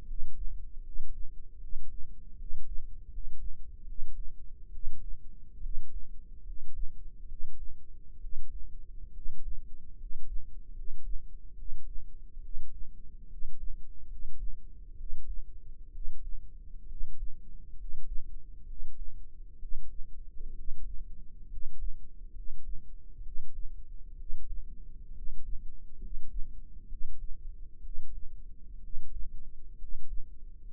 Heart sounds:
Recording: heart sounds by microphone in the left ear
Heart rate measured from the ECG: 68 bpm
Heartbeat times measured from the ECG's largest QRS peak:
0.03 s: heartbeat
0.80 s: heartbeat
1.56 s: heartbeat
2.34 s: heartbeat
3.06 s: heartbeat
3.83 s: heartbeat
4.68 s: heartbeat
5.58 s: heartbeat
6.41 s: heartbeat
7.25 s: heartbeat
8.17 s: heartbeat
9.10 s: heartbeat
9.94 s: heartbeat
10.71 s: heartbeat
11.53 s: heartbeat
12.38 s: heartbeat
13.25 s: heartbeat
14.05 s: heartbeat
14.94 s: heartbeat
15.89 s: heartbeat
16.84 s: heartbeat
17.73 s: heartbeat
18.63 s: heartbeat
19.56 s: heartbeat
20.51 s: heartbeat
21.45 s: heartbeat
22.30 s: heartbeat
23.20 s: heartbeat
24.13 s: heartbeat
25.10 s: heartbeat
25.96 s: heartbeat
26.85 s: heartbeat
27.79 s: heartbeat
28.78 s: heartbeat
29.74 s: heartbeat
30.71 s: heartbeat
From the record:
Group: healthy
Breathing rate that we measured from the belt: 16 breaths a minute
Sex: male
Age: 22 years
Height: 185 cm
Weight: 112.4 kg

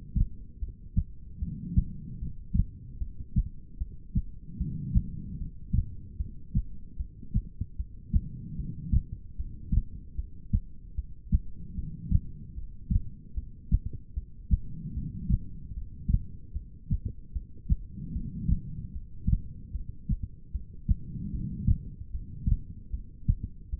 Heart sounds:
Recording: heart sounds by stethoscope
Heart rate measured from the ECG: 75 bpm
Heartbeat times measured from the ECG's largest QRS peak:
0.59 s: heartbeat
1.39 s: heartbeat
2.19 s: heartbeat
2.98 s: heartbeat
3.78 s: heartbeat
4.58 s: heartbeat
5.37 s: heartbeat
6.17 s: heartbeat
6.97 s: heartbeat
7.76 s: heartbeat
8.56 s: heartbeat
9.36 s: heartbeat
10.15 s: heartbeat
10.95 s: heartbeat
11.75 s: heartbeat
12.55 s: heartbeat
13.34 s: heartbeat
14.14 s: heartbeat
14.94 s: heartbeat
15.73 s: heartbeat
16.53 s: heartbeat
17.33 s: heartbeat
18.12 s: heartbeat
18.92 s: heartbeat
19.72 s: heartbeat
20.51 s: heartbeat
21.31 s: heartbeat
22.11 s: heartbeat
22.90 s: heartbeat
23.70 s: heartbeat
From the record:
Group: heart failure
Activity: rest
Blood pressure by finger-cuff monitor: 112/87 mmHg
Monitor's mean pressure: 97 mmHg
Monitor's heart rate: 75 bpm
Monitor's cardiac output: 4.3 L/min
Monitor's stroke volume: 57 mL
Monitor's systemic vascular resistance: 1680 dyn s/cm5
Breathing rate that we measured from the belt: 18 breaths a minute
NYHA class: 2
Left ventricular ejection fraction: 58%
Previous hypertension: present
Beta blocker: bisoprolol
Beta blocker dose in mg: 5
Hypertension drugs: ramipril, spironolactone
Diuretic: furosemide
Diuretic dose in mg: 160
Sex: female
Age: 55 years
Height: 155 cm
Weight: 67 kg

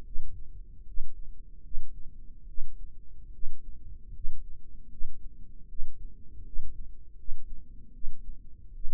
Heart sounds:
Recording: heart sounds by microphone in the right ear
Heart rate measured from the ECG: 76 bpm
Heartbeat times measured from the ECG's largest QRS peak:
0.04 s: heartbeat
0.85 s: heartbeat
1.62 s: heartbeat
2.47 s: heartbeat
3.32 s: heartbeat
4.13 s: heartbeat
4.89 s: heartbeat
5.68 s: heartbeat
6.44 s: heartbeat
7.16 s: heartbeat
7.92 s: heartbeat
8.73 s: heartbeat
From the record:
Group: healthy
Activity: rest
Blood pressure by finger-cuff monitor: 92/61 mmHg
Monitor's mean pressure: 69 mmHg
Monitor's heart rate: 77 bpm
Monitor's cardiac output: 5.7 L/min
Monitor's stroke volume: 76 mL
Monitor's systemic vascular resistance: 850 dyn s/cm5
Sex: female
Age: 22 years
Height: 163 cm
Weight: 67.1 kg

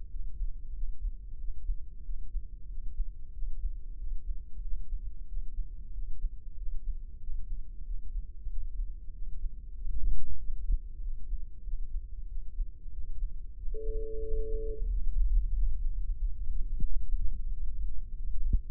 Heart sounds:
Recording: heart sounds by microphone in the left ear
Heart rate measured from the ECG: 93 bpm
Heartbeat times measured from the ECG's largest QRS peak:
0.12 s: heartbeat
0.77 s: heartbeat
1.41 s: heartbeat
2.07 s: heartbeat
2.71 s: heartbeat
3.35 s: heartbeat
4.00 s: heartbeat
4.65 s: heartbeat
5.30 s: heartbeat
5.95 s: heartbeat
6.59 s: heartbeat
7.23 s: heartbeat
7.87 s: heartbeat
8.51 s: heartbeat
9.15 s: heartbeat
9.78 s: heartbeat
10.41 s: heartbeat
11.04 s: heartbeat
11.67 s: heartbeat
12.31 s: heartbeat
12.95 s: heartbeat
13.59 s: heartbeat
14.24 s: heartbeat
14.92 s: heartbeat
15.57 s: heartbeat
16.21 s: heartbeat
16.86 s: heartbeat
17.52 s: heartbeat
18.19 s: heartbeat
From the record:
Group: healthy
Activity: rest 0-14 s, Valsalva maneuver 14-19 s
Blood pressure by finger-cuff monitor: 129/73 mmHg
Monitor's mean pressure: 90 mmHg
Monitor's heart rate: 93 bpm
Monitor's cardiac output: 7.8 L/min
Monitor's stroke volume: 84 mL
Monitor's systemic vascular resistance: 840 dyn s/cm5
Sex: male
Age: 21 years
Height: 175 cm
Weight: 72.6 kg

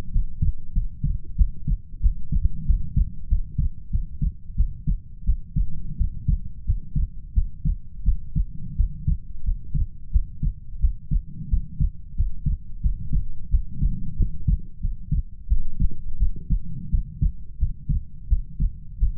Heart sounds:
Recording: heart sounds by stethoscope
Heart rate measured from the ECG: 89 bpm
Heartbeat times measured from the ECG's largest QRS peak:
0.11 s: heartbeat
0.73 s: heartbeat
1.36 s: heartbeat
2.01 s: heartbeat
2.65 s: heartbeat
3.27 s: heartbeat
3.90 s: heartbeat
4.55 s: heartbeat
5.24 s: heartbeat
5.96 s: heartbeat
6.64 s: heartbeat
7.33 s: heartbeat
8.03 s: heartbeat
8.76 s: heartbeat
9.43 s: heartbeat
10.11 s: heartbeat
10.79 s: heartbeat
11.48 s: heartbeat
12.15 s: heartbeat
12.81 s: heartbeat
13.49 s: heartbeat
14.16 s: heartbeat
14.80 s: heartbeat
15.47 s: heartbeat
16.18 s: heartbeat
16.90 s: heartbeat
17.58 s: heartbeat
18.28 s: heartbeat
18.98 s: heartbeat
From the record:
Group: healthy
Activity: rest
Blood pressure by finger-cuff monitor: 99/61 mmHg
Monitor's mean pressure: 75 mmHg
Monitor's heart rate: 91 bpm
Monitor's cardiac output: 7.9 L/min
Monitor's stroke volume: 87 mL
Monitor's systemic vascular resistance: 690 dyn s/cm5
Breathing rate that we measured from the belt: 21 breaths a minute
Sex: female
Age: 19 years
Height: 163 cm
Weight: 48.9 kg

